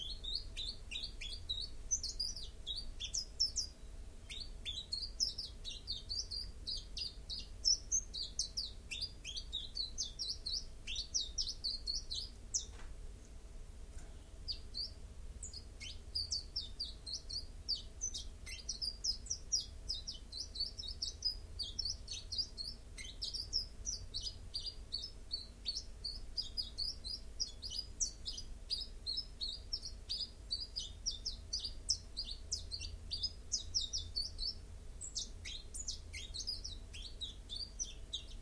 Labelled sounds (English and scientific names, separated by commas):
Common Chiffchaff (Phylloscopus collybita) song